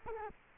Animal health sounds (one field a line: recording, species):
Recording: mosquito wingbeat signal from an infrared sensor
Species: Culex quinquefasciatus